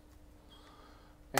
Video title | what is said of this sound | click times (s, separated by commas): AMAZON DEALS! | lock into place | 1.4 s